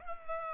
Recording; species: mosquito wingbeat signal from an infrared sensor; Culex pipiens